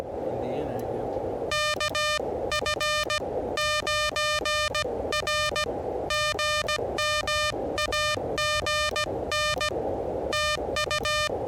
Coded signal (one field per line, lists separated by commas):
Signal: Morse code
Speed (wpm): 17 wpm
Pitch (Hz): 1210 Hz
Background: speech, music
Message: KF9R GM AGN TU